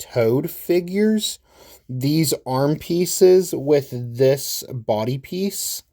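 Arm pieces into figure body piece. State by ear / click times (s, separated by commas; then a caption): not seated / none. Someone talks while handling plastic arm pieces for a brick figure from the Lego Marvel Spidey and his Amazing Friends Team Spidey Web Spinner Headquarters set, pieces similar to those on the Lego Super Mario Toad figures, held up to the plastic body piece they lock onto. Nothing has seated or clicked yet; the clip is speech throughout.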